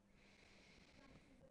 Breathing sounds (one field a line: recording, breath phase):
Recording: one breath near a microphone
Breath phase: inhalation